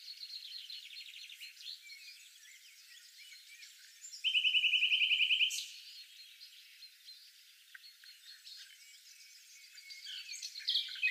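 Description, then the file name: Common nightingale delivering a loud, even rattle of many rapid repeated notes lasting over a second, amid quieter twittering and chirping. "Luscinia megarhynchos"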